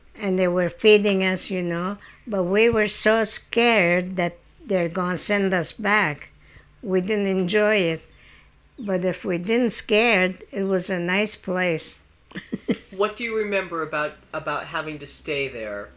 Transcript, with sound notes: and they were feeding us, you know, but we were so scared that they were going to send us back, we didn't enjoy it. But if we didn't scared, it was a nice place. ( she laughs )
What do you remember about having to stay there?